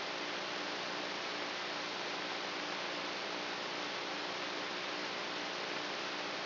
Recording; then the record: brain microelectrode recording played as sound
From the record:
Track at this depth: inside the subthalamic nucleus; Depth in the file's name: 3.004 mm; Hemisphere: right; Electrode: 3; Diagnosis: Parkinson's disease